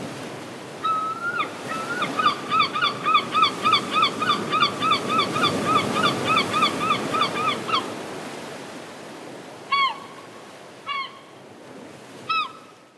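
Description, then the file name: Gull calls: a steady run of rapid laughing yelps for about seven seconds, followed by three separate drawn-out yelps. "seagull sound"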